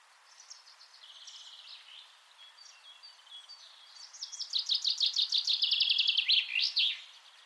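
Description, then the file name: Common chaffinch singing: soft, faint phrases first, then one loud, rattling descending trill that ends in an emphatic flourish. "Fringilla coelebs"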